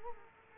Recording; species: mosquito wingbeat signal from an infrared sensor; Culex quinquefasciatus